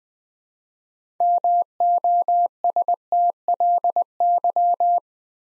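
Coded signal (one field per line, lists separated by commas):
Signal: Morse code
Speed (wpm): 20 wpm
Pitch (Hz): 700 Hz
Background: none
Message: MOSTLY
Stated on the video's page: Morse practice set at 20 wpm building 6-letter words two letters at a time for instant character recognition.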